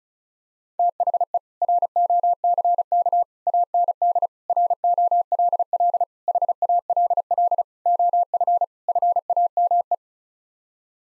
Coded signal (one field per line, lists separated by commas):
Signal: Morse code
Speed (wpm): 36 wpm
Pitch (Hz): 700 Hz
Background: none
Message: THE ROCK AND ROLL HALL OF FAME